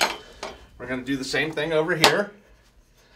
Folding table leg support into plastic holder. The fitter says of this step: kick on those or hit them hard to make sure they're locked in.